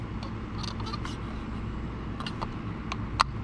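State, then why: Seated. A new paper oil filter element for a 2011-2015 Chevrolet Cruze 1.8L is pushed onto the center post of the plastic oil filter housing cap. Soft scraping and rustling sounds play over a low steady hum before a sharp, loud click at 3.2 s as the element snaps into the cap and is seated.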